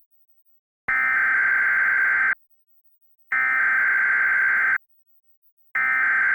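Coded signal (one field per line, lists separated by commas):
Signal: Emergency Alert System (SAME) tones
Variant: header bursts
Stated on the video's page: Fictional, never-broadcast EAS recording modeled on the American EAS.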